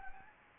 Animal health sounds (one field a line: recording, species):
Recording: mosquito wingbeat signal from an infrared sensor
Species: Anopheles gambiae